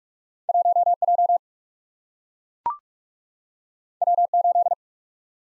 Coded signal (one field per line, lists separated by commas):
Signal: Morse code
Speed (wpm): 44 wpm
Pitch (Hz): 700 Hz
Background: none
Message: 1 J W 8